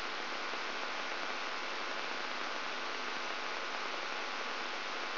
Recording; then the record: brain microelectrode recording played as sound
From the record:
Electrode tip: outside the subthalamic nucleus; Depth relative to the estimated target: -2 mm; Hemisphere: right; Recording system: AlphaMap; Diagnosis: Parkinson's disease